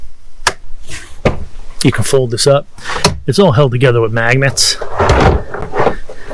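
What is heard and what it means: In the rear cargo floor of a Ford Bronco Sport 1st Edition SUV, the cargo area shelf panel latch is unlocked, giving a sharp click at 0.5 s. Someone talks as the panel, held together with magnets, is folded up. The shelf latch is released.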